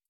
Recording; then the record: hydrophone in a shrimp aquaculture tank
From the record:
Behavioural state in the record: stressed